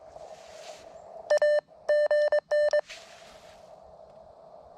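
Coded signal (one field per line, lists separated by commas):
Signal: Morse code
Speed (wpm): 23 wpm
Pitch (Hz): 600 Hz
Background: none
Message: A GN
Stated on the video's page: CW on an Elecraft KX1 four-band kit radio during a park (POTA) activation.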